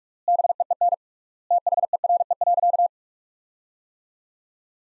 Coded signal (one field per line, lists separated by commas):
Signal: Morse code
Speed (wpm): 45 wpm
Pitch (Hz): 700 Hz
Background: none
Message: BEEN THERE.